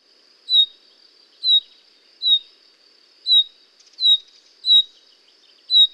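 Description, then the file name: Common chaffinch giving a clipped, falling call note seven times at slightly uneven intervals, with a constant thin whine running underneath. "Fringilla coelebs"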